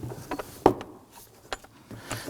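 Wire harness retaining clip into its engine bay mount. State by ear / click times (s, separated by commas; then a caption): seated / 0.7 s. A small wiring harness retaining clip that had popped off is pushed back into its mount in the engine bay of a 2005-2009 Subaru Legacy 2.5L H4. A few soft taps and rustles come before a sharp snap at 0.7 s, and lighter knocks follow. The clip seats in place.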